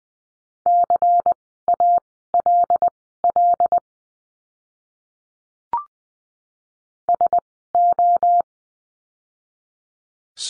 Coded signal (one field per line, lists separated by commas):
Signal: Morse code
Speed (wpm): 20 wpm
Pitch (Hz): 700 Hz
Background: none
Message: CALL SO